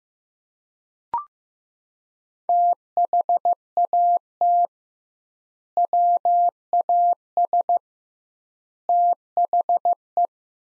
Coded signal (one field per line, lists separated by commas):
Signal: Morse code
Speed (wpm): 15 wpm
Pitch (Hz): 700 Hz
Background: none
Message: THAT WAS THE